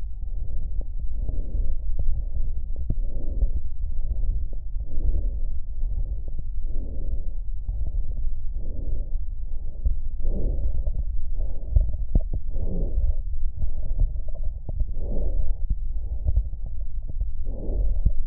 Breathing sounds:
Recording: lung sounds by stethoscope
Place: left posterior basal chest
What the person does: quiet breathing, then deep breathing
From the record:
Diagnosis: interstitial lung disease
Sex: female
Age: 74 years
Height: 150 cm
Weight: 69.8 kg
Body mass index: 31.0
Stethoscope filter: extended mode

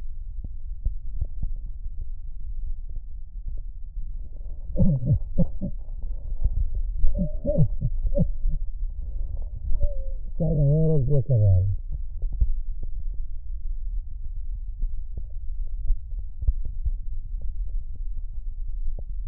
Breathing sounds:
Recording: lung sounds by stethoscope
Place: right posterior basal chest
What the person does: quiet breathing, then cough and speech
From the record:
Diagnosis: COPD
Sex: male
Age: 85 years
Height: 183 cm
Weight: 88 kg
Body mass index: 26.3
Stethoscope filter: extended mode

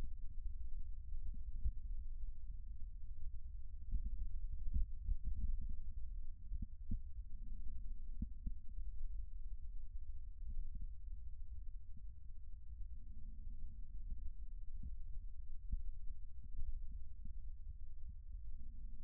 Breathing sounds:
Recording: lung sounds by stethoscope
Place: left posterior basal chest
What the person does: quiet breathing, then deep breathing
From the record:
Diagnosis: interstitial lung disease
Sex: female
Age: 53 years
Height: 168 cm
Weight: 108 kg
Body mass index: 38.3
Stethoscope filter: bell mode

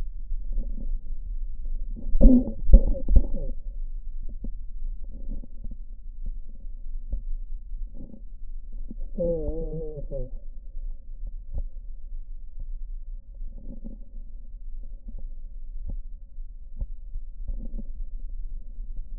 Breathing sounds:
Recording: lung sounds by stethoscope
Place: right posterior basal chest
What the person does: quiet breathing, then cough and speech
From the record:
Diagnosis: COPD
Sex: male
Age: 65 years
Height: 162 cm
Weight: 67.8 kg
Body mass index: 25.8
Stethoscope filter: diaphragm mode

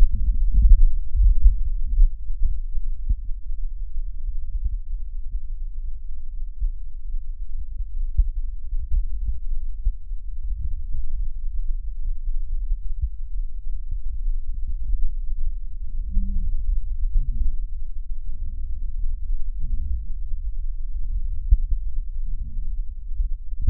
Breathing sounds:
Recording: lung sounds by stethoscope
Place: right posterior basal chest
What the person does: quiet breathing, then deep breathing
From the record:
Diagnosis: interstitial lung disease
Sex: female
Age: 72 years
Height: 153 cm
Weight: 71 kg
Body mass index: 30.3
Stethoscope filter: bell mode

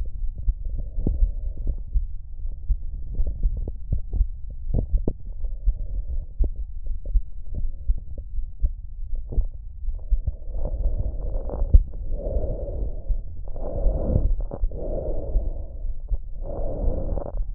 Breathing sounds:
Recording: lung sounds by stethoscope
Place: trachea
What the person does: quiet breathing, then deep breathing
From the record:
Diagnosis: interstitial lung disease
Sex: male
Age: 47 years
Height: 159 cm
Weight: 66.8 kg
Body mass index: 26.4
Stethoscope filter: extended mode

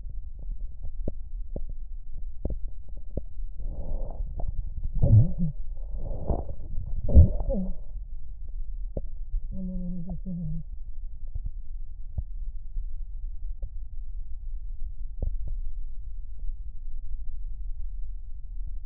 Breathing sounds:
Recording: lung sounds by stethoscope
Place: right posterior basal chest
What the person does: quiet breathing, then cough and speech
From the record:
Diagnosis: interstitial lung disease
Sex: female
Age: 65 years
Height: 156 cm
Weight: 66.8 kg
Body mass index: 27.4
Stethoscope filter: extended mode

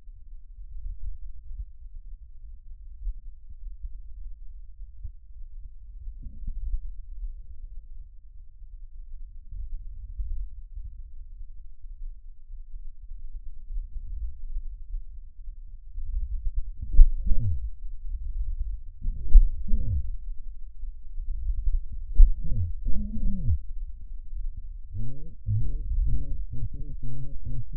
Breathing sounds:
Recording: lung sounds by stethoscope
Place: trachea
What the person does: quiet breathing, then cough and speech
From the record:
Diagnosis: pulmonary infection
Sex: male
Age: 54 years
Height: 187 cm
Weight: 95 kg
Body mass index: 27.2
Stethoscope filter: bell mode

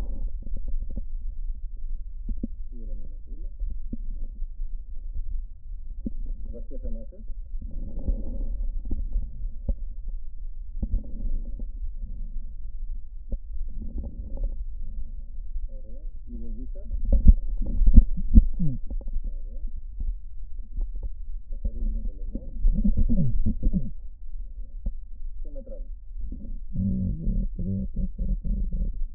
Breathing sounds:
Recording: lung sounds by stethoscope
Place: right posterior basal chest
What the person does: quiet breathing, then cough and speech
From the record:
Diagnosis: COPD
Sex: female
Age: 72 years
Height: 156 cm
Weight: 72 kg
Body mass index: 29.6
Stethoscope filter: diaphragm mode

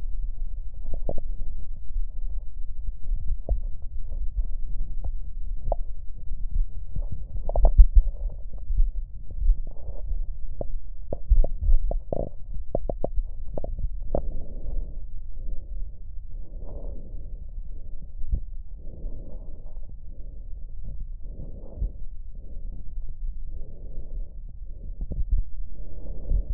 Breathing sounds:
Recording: lung sounds by stethoscope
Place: left posterior basal chest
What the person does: quiet breathing, then deep breathing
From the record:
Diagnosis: none (healthy)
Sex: male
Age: 29 years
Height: 180 cm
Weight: 100 kg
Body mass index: 30.9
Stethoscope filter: extended mode

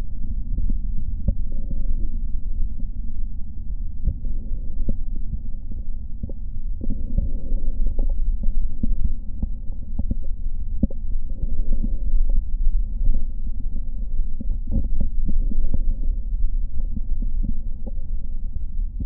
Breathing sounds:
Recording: lung sounds by stethoscope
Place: left posterior basal chest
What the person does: quiet breathing, then deep breathing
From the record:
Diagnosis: COPD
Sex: male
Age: 69 years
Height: 162 cm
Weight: 124.8 kg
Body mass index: 47.6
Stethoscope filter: diaphragm mode

